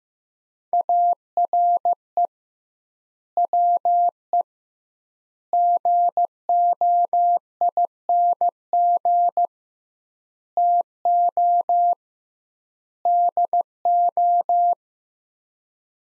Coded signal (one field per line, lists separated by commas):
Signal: Morse code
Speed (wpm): 15 wpm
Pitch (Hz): 700 Hz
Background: none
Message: ARE WE GOING TO DO